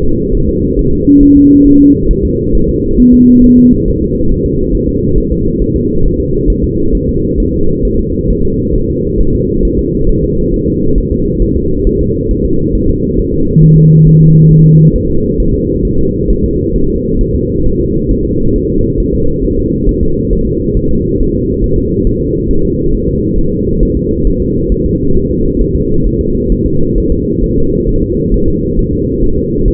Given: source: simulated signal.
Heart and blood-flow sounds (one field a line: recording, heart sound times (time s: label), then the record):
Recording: fetal heart sounds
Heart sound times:
0.03 s: S2
0.35 s: S1
0.49 s: S2
0.79 s: S1
0.93 s: S2
1.23 s: S1
1.37 s: S2
1.67 s: S1
1.81 s: S2
2.11 s: S1
2.25 s: S2
2.55 s: S1
2.69 s: S2
3.00 s: S1
3.14 s: S2
3.44 s: S1
3.58 s: S2
3.88 s: S1
4.02 s: S2
4.32 s: S1
4.46 s: S2
4.75 s: S1
4.89 s: S2
5.18 s: S1
5.32 s: S2
5.62 s: S1
5.76 s: S2
6.06 s: S1
6.20 s: S2
6.50 s: S1
6.64 s: S2
6.95 s: S1
7.09 s: S2
7.40 s: S1
7.54 s: S2
7.85 s: S1
7.99 s: S2
8.31 s: S1
8.45 s: S2
8.76 s: S1
8.90 s: S2
9.21 s: S1
9.35 s: S2
9.65 s: S1
9.79 s: S2
10.09 s: S1
10.24 s: S2
10.54 s: S1
10.68 s: S2
10.98 s: S1
11.12 s: S2
11.42 s: S1
11.56 s: S2
11.87 s: S1
12.01 s: S2
12.31 s: S1
12.45 s: S2
12.75 s: S1
12.89 s: S2
13.19 s: S1
13.34 s: S2
13.63 s: S1
13.78 s: S2
14.07 s: S1
14.22 s: S2
14.51 s: S1
14.66 s: S2
14.96 s: S1
15.10 s: S2
15.40 s: S1
15.54 s: S2
15.85 s: S1
15.99 s: S2
16.30 s: S1
16.45 s: S2
16.76 s: S1
16.90 s: S2
17.21 s: S1
17.35 s: S2
17.66 s: S1
17.81 s: S2
18.11 s: S1
18.25 s: S2
18.56 s: S1
18.70 s: S2
19.00 s: S1
19.14 s: S2
19.45 s: S1
19.59 s: S2
19.89 s: S1
20.03 s: S2
20.33 s: S1
20.47 s: S2
20.77 s: S1
20.91 s: S2
21.20 s: S1
21.35 s: S2
21.64 s: S1
21.78 s: S2
22.07 s: S1
22.21 s: S2
22.51 s: S1
22.65 s: S2
22.94 s: S1
23.09 s: S2
23.39 s: S1
23.53 s: S2
23.83 s: S1
23.97 s: S2
24.27 s: S1
24.42 s: S2
24.72 s: S1
24.86 s: S2
25.17 s: S1
25.31 s: S2
25.61 s: S1
25.76 s: S2
26.07 s: S1
26.21 s: S2
26.52 s: S1
26.66 s: S2
26.98 s: S1
27.12 s: S2
27.44 s: S1
27.58 s: S2
27.89 s: S1
28.03 s: S2
28.34 s: S1
28.48 s: S2
28.79 s: S1
28.93 s: S2
29.24 s: S1
29.38 s: S2
29.68 s: S1
From the record:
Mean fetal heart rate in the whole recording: 135 bpm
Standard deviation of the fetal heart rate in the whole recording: 3 bpm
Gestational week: 36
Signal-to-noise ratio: -16.4 dB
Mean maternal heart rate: 72 bpm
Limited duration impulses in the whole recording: present